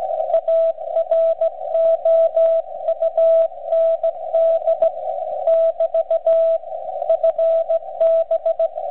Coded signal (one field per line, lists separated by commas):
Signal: Morse code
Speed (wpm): 17 wpm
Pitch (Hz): 660 Hz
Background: radio noise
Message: AROUND <BT> FB